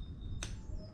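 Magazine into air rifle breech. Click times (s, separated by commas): 0.4 s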